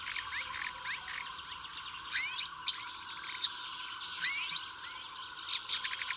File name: woodchat shrike omkicau